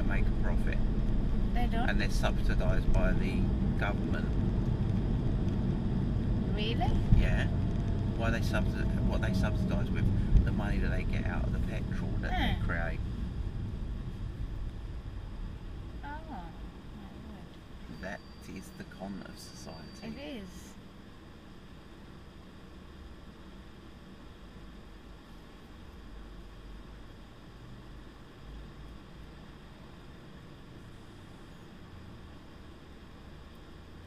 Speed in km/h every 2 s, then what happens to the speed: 44, 42, 39, 37, 32, 23, 15, 5, 0, 0, 0, 3, 3, 3, 3, 0, 0.
0-15 slows to 0. 15-22 standing. 22-28 steady at about 3. 28-34 standing.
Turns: none.